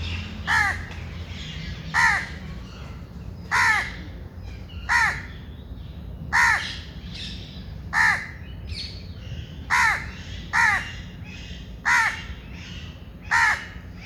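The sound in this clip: Steady bird cawing: about a dozen hoarse caws spaced a second or so apart, over a low hum with faint chirps.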